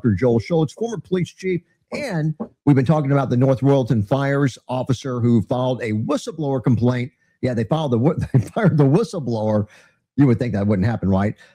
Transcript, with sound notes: Joel Schultz, former police chief, and we've been talking about the North Royalton Fires officer who filed a whistleblower complaint. Yeah, they filed the wh- (laughs) they fired the whistleblower, you would think that wouldn't happen, right,